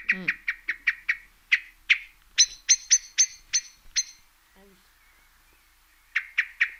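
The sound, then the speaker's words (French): A common blackbird gives a rapid series of sharp, bright, repeated notes, about fifteen in an even rhythm, then falls quiet before a final short burst of three. “Ça, c'est typiquement un des oiseaux que j'ai le plus identifié quand j'étais petite, en fait. Cet oiseau-là, le merle.”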